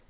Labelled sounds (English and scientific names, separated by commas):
Lucy's Warbler (Leiothlypis luciae) flight call